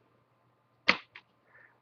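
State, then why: Released. A plastic screen bezel clip on the display lid of a Samsung NP3005VA-A0KUS laptop is popped loose by fingertips lifting the bezel up and outward. A sharp snap sounds at 0.9 s, followed by a smaller, quieter snap at 1.2 s and a faint soft rustle around 1.6 s. The retaining clip snaps free and releases the bezel from the lid.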